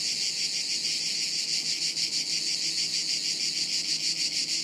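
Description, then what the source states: Cicadas in dense chorus, a continuous high buzzing pulsing about three times a second, steady throughout with no other clear sounds. Chorus high in trees in woods near Sirolo, Italy; hot afternoon, August 23.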